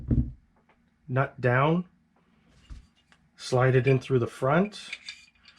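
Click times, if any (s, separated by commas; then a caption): none. During reassembly of a Taurus PT1911 .45 ACP pistol, the barrel and bushing assembly is handled and inserted through the front of the steel 1911 slide while someone talks. Light metallic taps and handling noises are heard between the talking. Nothing has seated or clicked into place yet.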